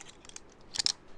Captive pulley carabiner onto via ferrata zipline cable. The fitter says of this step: l'imperdable grâce au mousqueton hop se clipse directement dessus il y a pas d'autre action